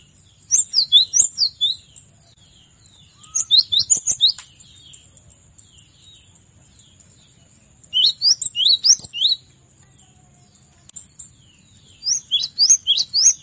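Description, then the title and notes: Cinereous tit song: four separate phrases of quick, high, two-part notes, each phrase lasting about one to one and a half seconds, with silent gaps between. Masteran tutor recording, made for training songbirds to learn this song. "Masteran Gelatik Batu. burung gelatik"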